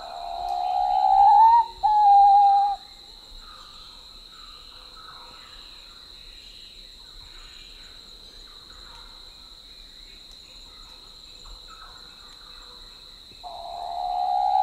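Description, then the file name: Papuan pitta whistling: a pair of mellow drawn-out whistles at the start, then a long quiet stretch with faint background sounds, and another whistle beginning at the end. Papua New Guinea. "Pitt Eryt"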